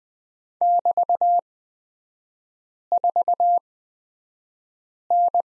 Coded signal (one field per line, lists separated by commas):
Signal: Morse code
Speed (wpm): 20 wpm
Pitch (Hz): 700 Hz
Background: none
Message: <BT>4N